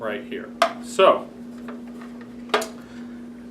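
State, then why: Seated. Someone talks while the continuous-feed pusher head (lid assembly) of a Robot Coupe R301 Dice is fitted onto the processor base and turned to lock it, with a steady low hum underneath. Several small plastic contact sounds lead to one loud click at 2.5 s, as the lid locks into place, tightened but not over-tightened.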